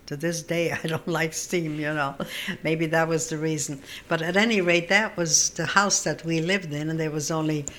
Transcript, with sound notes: To this day I don't like steam, you know. (She laughs) Maybe that was the reason. But, at any rate, that was the house that we lived in, and there was only